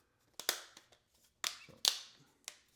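Small 3D printed plastic window and door inserts are pushed into cutouts in a model wall, making several short, sharp snaps. They snap into place at 0.4, 1.9 and 2.5 seconds, and the inserts end up seated.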